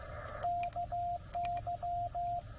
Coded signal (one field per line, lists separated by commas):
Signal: Morse code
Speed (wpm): 17 wpm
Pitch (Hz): 690 Hz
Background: radio noise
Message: KY